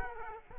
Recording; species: mosquito wingbeat signal from an infrared sensor; Culex quinquefasciatus